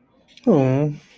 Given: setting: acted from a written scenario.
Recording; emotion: vocal sound without words; adoration